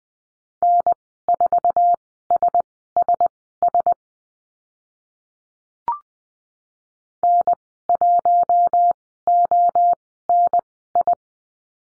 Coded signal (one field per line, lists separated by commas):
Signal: Morse code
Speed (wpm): 20 wpm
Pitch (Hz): 700 Hz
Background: none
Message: N4SSS N1ONI